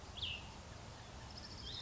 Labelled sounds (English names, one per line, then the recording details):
Cassin's Vireo
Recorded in Sonoma County, California